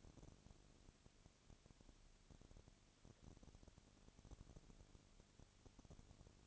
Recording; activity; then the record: daily activity, microphone in the room; no activity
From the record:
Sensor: 4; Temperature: 22.3 degrees Celsius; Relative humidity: 32.7%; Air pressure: 1001.9 hPa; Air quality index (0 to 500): 186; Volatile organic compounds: 4 ppm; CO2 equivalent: 1644 ppm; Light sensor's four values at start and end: 2/3/1/1 and 2/3/1/1